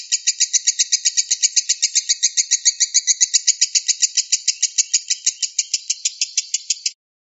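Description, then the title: Lovebird giving a rapid, harsh chattering call of high pulsed notes, steady for about seven seconds, then stopping abruptly. Konslet-type call. "Lovebird Konslet"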